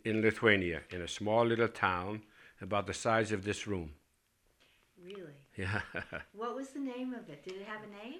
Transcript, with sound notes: In Lithuania, in a small little town, about the size of this room. (laughs)
What was the name of it? Did it have a name?